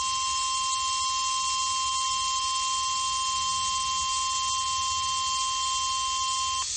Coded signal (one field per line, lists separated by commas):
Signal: Emergency Alert System (SAME) tones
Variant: 1050 Hz attention tone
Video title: Louisiana Tornado Drill Spring 2022 (EAS#281)